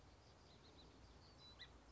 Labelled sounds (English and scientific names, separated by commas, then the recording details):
Song Sparrow (Melospiza melodia)
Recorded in Sonoma County, California